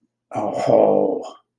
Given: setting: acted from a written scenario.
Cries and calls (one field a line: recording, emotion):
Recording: vocal sound without words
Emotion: adoration